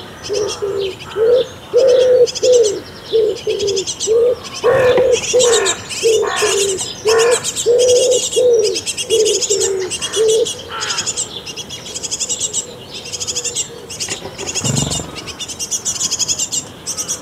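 Birds chirp busily around a nest box: a rapid, regular series of mid-pitched calls for ten seconds, with high, dense chick-like cheeping throughout.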